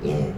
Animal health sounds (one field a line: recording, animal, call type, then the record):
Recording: contact call of a hoofed animal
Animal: pig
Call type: closed-mouth grunt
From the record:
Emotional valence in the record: negative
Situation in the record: short social isolation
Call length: 0.38 s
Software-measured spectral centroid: 1450 Hz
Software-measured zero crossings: 890 a second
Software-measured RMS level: -24 dBFS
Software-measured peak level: -13 dBFS